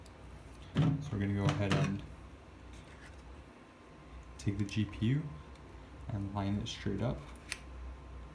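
Someone talks while a graphics card is lined up with a PCI-E slot or riser and pushed down into it. A single sharp click at 7.5 seconds marks the card seating fully in the slot.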